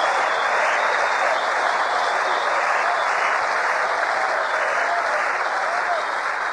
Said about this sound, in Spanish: ¡Aleluya! Dale vuelo a las palmas.